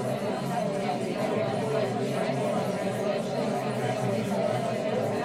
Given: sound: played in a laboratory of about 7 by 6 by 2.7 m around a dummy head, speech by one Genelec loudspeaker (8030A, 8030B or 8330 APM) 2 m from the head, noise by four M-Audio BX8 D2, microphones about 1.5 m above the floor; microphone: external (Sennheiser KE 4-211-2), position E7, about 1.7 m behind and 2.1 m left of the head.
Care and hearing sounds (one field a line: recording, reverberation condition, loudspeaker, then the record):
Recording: babble noise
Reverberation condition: low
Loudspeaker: four, about 170 cm from the corners of the room and facing them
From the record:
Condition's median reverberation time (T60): about 310 ms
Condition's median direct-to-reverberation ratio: about 3.5 dB